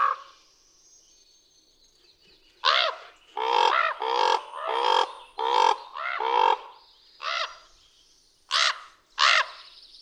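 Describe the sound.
Common raven uttering a series of grating, nasal croaks, roughly ten calls after a quiet first two and a half seconds, spaced unevenly.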